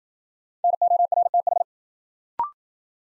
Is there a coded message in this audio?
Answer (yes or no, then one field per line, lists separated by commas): yes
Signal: Morse code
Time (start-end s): 0.6-1.6 s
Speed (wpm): 54 wpm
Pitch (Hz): 700 Hz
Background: none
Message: NORTH